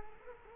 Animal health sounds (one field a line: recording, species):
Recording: mosquito wingbeat signal from an infrared sensor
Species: Culex quinquefasciatus